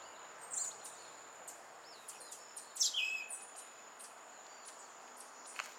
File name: Western red legged thrush